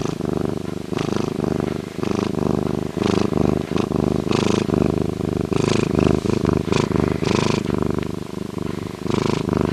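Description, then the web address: Bobcat purr: steady low vibrating rumble with fast pulses, interrupted by frequent airy breath bursts at irregular intervals across the whole stretch. "Bobcat Purring"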